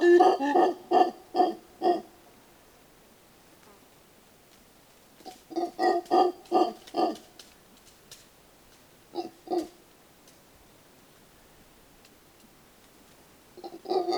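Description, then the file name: Mantled howler monkey giving bouts of short, harsh, rhythmic grunts, two to six in quick succession, separated by pauses of several seconds. Calls recorded in Santa Rosa National Park, Costa Rica. "Mantled Howler Monkey (Alouatta palliata)"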